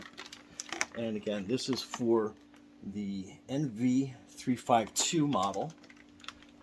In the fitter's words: then make sure you click down and you'll hear a click on both sides make sure both tabs come out